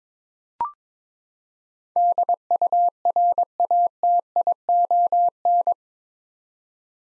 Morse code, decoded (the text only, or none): DURATION